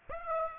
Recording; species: mosquito wingbeat signal from an infrared sensor; Aedes aegypti